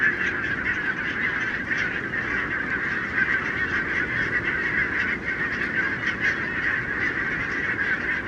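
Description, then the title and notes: Barnacle goose: barnacle geese calling en masse, a constant clamour of short barking yelps. Flock of about 20,000 on wintering grounds in winter, Renesse, Netherlands, 12 January 2009; recorded with Nagra LB and Telinga P7. "Renesse - Pays-bas. 20 000 Bernache nonnette ( Branta leucopsis) en Hollande"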